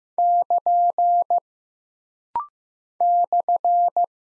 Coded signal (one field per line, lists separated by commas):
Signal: Morse code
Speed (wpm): 15 wpm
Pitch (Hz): 700 Hz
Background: none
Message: <KN> /